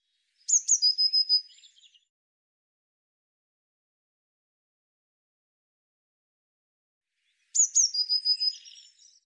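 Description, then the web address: Eurasian blue tit repeats its call twice, roughly seven seconds apart: two high, thin descending notes, then a rapid trill of several pulses, with quiet between phrases. Recorded in 2025. "cianscape birddata Deverinetal Bird Cy Ca"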